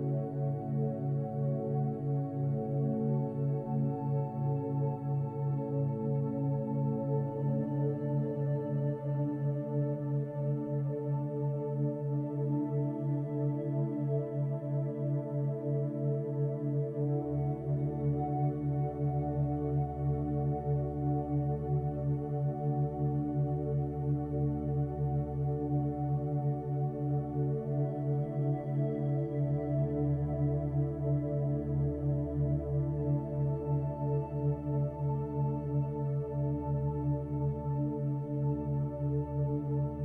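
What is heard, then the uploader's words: Meditation music of sustained, humming tones that hold steady at an even volume with no beat or sharp events. The sound is warm and low, with a layer of soft higher overtones, and a deeper bass hum swells in around seventeen seconds and stays. Theta Waves And Binaural Beats.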